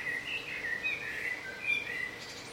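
Bird singing a continuous, rambling warble of high whistled and slurred notes throughout, against steady background hiss and a faint low hum.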